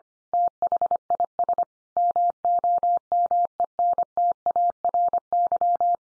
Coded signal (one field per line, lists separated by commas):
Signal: Morse code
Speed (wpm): 25 wpm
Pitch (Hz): 700 Hz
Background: none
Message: THIS MOMENTARY